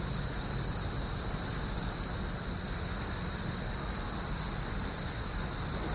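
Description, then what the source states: Cicadas singing, a high, hissing buzz pulsing rapidly over a steady whine, with a low rumble of city traffic underneath. Cicadas recorded with a city background.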